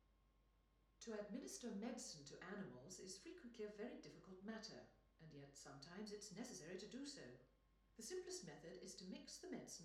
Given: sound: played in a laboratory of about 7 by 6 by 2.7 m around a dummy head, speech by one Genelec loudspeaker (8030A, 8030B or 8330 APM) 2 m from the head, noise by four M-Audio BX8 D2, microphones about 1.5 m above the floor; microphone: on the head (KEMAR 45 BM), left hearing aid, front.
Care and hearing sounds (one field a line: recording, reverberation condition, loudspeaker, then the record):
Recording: female speech in English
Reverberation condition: medium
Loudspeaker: in front (0 degrees)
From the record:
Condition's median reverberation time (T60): about 510 ms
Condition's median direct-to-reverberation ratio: about -0.5 dB